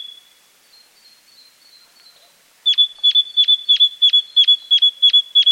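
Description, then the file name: Great tit metallic calls: after a faint thin whistle, a rapid series of sharp, ringing 'pink' notes begins, about three per second, steady and evenly spaced. "Parus major"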